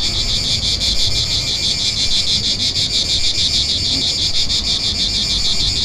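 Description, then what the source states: Cicadas sing a dense, high, sizzling drone with a rhythmic throb running through it, over soft low-pitched background noise. Recorded 3 September 2009.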